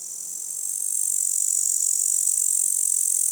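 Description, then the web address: Grasshopper stridulation: a steady, very high hissing buzz that swells slightly over the first second, then holds evenly. Meadow, daytime, close. "Soulframe Sounds. Meadow Close Grasshopper"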